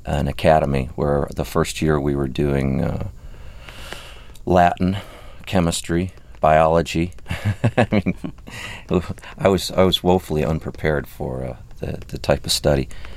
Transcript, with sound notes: an academy where the first year we were doing Latin, chemistry, biology. (Soundbite of laughter) I mean, I was woefully unprepared for the type of study.